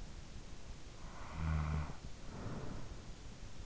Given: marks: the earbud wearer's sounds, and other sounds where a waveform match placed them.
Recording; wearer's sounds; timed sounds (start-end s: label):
sounds in sleep by an in-ear microphone; snoring breath
0.61-3.62 s: snoring breath